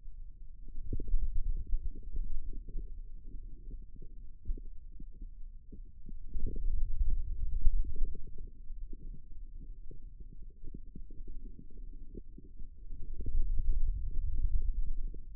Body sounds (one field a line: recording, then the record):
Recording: forearm muscle sounds (acoustic myography)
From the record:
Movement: ulnar deviation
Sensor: system 2, bracelet of six BSWA MPA416 microphones around the upper forearm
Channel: 4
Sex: male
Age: 22 years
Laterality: right